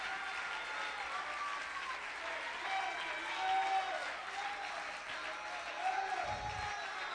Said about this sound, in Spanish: Dale un aplauso grande al cielo, que Él se lo merece.